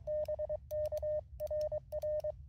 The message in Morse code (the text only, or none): BK RR